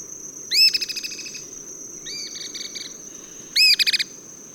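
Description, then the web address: Cliff flycatcher calls: two loud, high, down-curving notes, each launching a fast run of clipped chips, with a softer chip series between and a constant insect tone behind. Ecuador. "S America Birds of Ecuador. Cliff Flycatcher"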